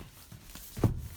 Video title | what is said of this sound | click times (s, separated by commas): Retro Campers Norfolk - Campervan Introduction | just pop it up like that just make sure 100% that it's locked into place because | 0.8 s